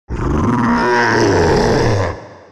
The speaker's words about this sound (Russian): выругался Тихомир, но его заглушил рев твари